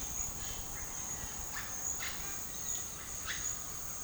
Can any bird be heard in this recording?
no